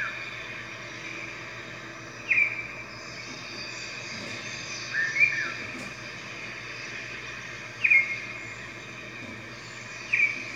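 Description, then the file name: Red-whiskered bulbul giving a few quick bright chirps at irregular intervals, set against steady background noise. "Red-whiskered Bulbul Voice"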